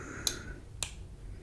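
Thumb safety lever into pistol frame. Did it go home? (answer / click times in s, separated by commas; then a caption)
no / none. The manual thumb safety lever of an FN Browning Hi Power pistol is lined up with its slot facing up and pushed toward the pistol frame. Two short, bright ticks of handling are heard at about 0.3 and 0.8 seconds over a faint steady hum. Nothing has seated or clicked into place yet.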